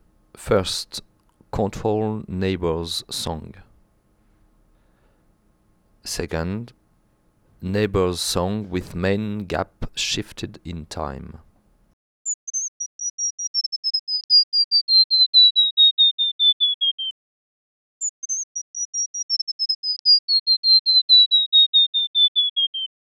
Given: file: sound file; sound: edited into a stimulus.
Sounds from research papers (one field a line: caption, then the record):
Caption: Neighbor's control followed by time-shifted neighbor's song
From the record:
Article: Singing in the Rain Forest: How a Tropical Bird Song Transfers Information